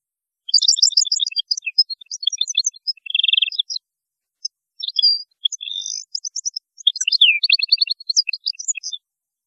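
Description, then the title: European goldfinch in full song, a lively jumble of tinkling chirps, buzzy trills and sweeping slurred notes, delivered in long dense phrases. "Chant Chardonneret"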